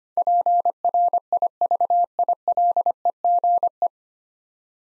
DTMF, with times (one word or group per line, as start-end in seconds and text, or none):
none